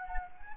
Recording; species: mosquito wingbeat signal from an infrared sensor; Anopheles gambiae